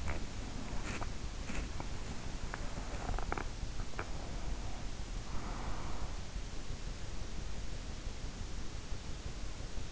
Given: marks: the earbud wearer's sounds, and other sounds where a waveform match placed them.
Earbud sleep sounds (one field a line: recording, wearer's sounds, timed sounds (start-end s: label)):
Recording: sounds in sleep by an in-ear microphone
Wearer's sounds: teeth grinding, breath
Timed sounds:
0.00-4.04 s: teeth grinding
4.17-6.17 s: breath